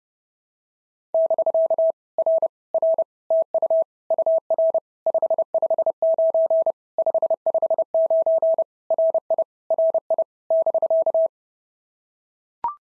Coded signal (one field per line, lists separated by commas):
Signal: Morse code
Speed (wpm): 30 wpm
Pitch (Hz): 650 Hz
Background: none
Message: <BK> R R TU UR 559 559 RI RI <BK>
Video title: POTA QSO Practice - 30wpm